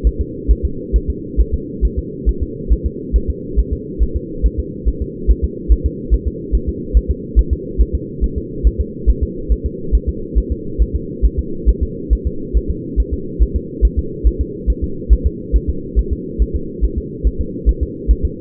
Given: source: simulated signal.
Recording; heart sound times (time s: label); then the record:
fetal heart sounds
0.07 s: S1
0.21 s: S2
0.51 s: S1
0.65 s: S2
0.96 s: S1
1.10 s: S2
1.40 s: S1
1.54 s: S2
1.85 s: S1
1.99 s: S2
2.29 s: S1
2.43 s: S2
2.72 s: S1
2.86 s: S2
3.16 s: S1
3.30 s: S2
3.59 s: S1
3.73 s: S2
4.03 s: S1
4.16 s: S2
4.46 s: S1
4.59 s: S2
4.88 s: S1
5.02 s: S2
5.30 s: S1
5.44 s: S2
5.72 s: S1
5.86 s: S2
6.14 s: S1
6.27 s: S2
6.55 s: S1
6.69 s: S2
6.97 s: S1
7.11 s: S2
7.39 s: S1
7.53 s: S2
7.81 s: S1
7.95 s: S2
8.24 s: S1
8.38 s: S2
8.67 s: S1
8.81 s: S2
9.09 s: S1
9.23 s: S2
9.52 s: S1
9.66 s: S2
9.95 s: S1
10.09 s: S2
10.38 s: S1
10.52 s: S2
10.82 s: S1
10.95 s: S2
11.25 s: S1
11.39 s: S2
11.69 s: S1
11.83 s: S2
12.13 s: S1
12.27 s: S2
12.57 s: S1
12.70 s: S2
13.00 s: S1
13.14 s: S2
13.42 s: S1
13.56 s: S2
13.85 s: S1
13.99 s: S2
14.27 s: S1
14.41 s: S2
14.70 s: S1
14.84 s: S2
15.13 s: S1
15.26 s: S2
15.56 s: S1
15.69 s: S2
15.99 s: S1
16.13 s: S2
16.42 s: S1
16.56 s: S2
16.84 s: S1
16.98 s: S2
17.27 s: S1
17.41 s: S2
17.69 s: S1
17.83 s: S2
18.11 s: S1
18.25 s: S2
From the record:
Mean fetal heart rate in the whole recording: 140 bpm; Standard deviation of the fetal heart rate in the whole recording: 2 bpm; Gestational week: 34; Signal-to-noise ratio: -4.3 dB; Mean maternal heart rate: 72 bpm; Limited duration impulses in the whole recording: present